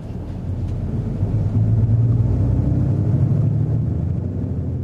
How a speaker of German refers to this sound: Vom Krasnojarsker Bahnhof fahren wir mit dem Bus nach Zelenogorsk.